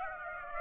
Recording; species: mosquito wingbeat signal from an infrared sensor; Aedes aegypti